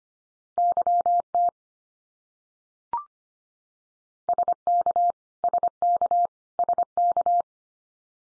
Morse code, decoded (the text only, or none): YT SK SK SK